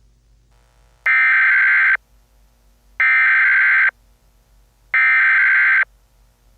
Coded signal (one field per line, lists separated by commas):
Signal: Emergency Alert System (SAME) tones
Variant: header bursts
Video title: EAS Scenario #56: The Awakening